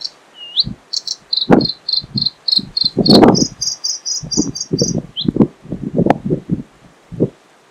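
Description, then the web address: Bluethroat song of varied phrases: a twangy upslurred note, buzzy doubled notes and rapid repeated chips, mixed with frequent loud low thuds and bumps. Recorded 25 May 2025. "fagelljud 20250525 blahake"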